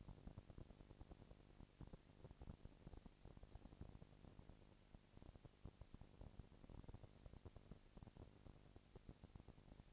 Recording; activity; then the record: daily activity, microphone in the room; no activity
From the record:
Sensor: 5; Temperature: 20.1 degrees Celsius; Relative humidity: 38.2%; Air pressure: 998.9 hPa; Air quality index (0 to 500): 218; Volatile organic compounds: 24 ppm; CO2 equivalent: 2803 ppm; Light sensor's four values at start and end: 2/3/1/1 and 2/3/1/1